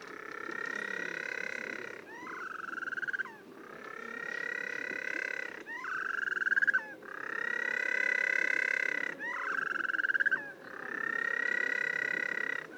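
White-flippered penguin braying in a series of long harmonic phrases alternating with shorter notes that drop in pitch.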